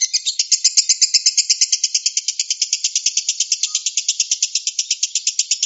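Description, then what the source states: Lovebird producing an insistent string of high, grating chirp notes at an even quick pace, with nothing else audible. Konslet song style.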